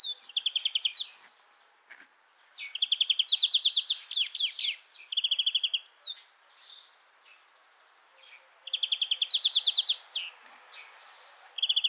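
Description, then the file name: European greenfinch song: repeated phrases of fast, even trills mixed with short chirps and slurred notes, separated by brief pauses. "Chloris chloris"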